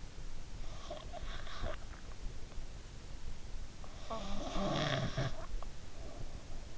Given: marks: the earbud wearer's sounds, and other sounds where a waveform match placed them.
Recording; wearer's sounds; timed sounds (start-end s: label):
sounds in sleep by an in-ear microphone; snoring breath
0.61-1.64 s: snoring breath
3.97-6.78 s: snoring breath